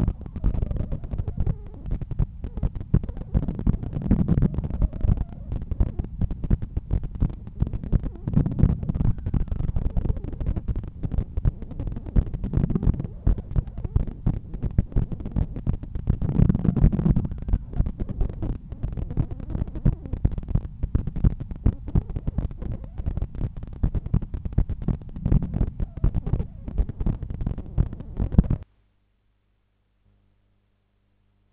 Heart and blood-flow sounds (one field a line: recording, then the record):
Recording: heart sounds by stethoscope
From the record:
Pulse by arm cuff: 83 bpm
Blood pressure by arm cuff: 131/83 mmHg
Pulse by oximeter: 84 bpm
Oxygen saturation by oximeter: 96%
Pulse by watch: 96 bpm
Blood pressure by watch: 131/86 mmHg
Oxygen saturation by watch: 97%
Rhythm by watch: sinus rhythm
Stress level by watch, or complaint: low stress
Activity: after 5 min smoking and 1 beer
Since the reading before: plus 1000 steps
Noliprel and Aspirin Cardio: after pills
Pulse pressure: 48 mmHg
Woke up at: 7:50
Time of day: 12:46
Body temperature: 36.3 C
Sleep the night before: 7 h 52 min, score 75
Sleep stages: REM 24%, light 55%, deep 12%, awake 9%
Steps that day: 9500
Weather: cloudy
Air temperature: 20.7 C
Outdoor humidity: 68%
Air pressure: 1014 hPa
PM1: 5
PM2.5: 8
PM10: 10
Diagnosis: hypertension, treated with Noliprel and Aspirin Cardio 100 mg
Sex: male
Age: 53 years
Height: 174 cm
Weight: 81 kg